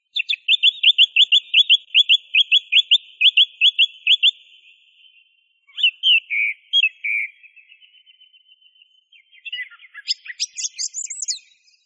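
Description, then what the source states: Song thrush song: a long steady series of repeated sharp notes, then slurred downward whistles and a high, jumbled twittering phrase. Masteran recording for training songbirds.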